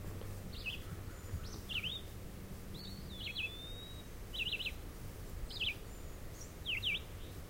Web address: Red-eyed Vireo